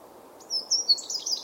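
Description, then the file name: Eurasian wren call: a quick run of very high, thin trilled and rattling notes lasting about a second, over a low background hum. "Troglodytes troglodytes"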